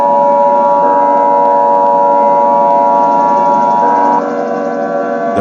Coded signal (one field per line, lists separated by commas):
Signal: Emergency Alert System (SAME) tones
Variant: 853 and 960 Hz attention tone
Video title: EAS Scenario #4: Titaniboa (read desc)